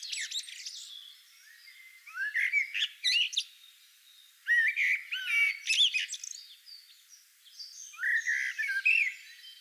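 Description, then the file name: Common blackbird singing three fluty, warbling phrases that end in thin, high squeaks, with a pause of a second or two between them. "Turdus merula"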